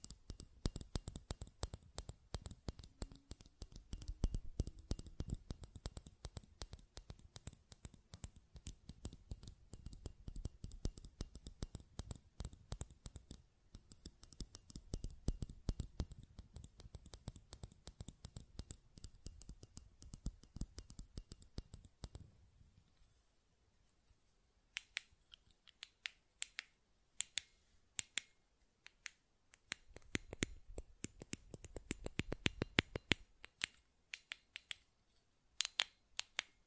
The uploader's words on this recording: ASMR Button Clicking and Tapping Sounds (No Talking).